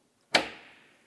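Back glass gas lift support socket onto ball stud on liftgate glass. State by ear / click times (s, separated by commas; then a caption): seated / 0.4 s. The upper ball socket of a gas lift support for the rear window glass on a 2003-2008 Toyota Matrix is aligned and pressed onto its ball stud on the liftgate glass. A single sharp snap at 0.4 s, bright across the mids and highs, decays over about half a second. The socket seats with an audible click and is then given a light tug.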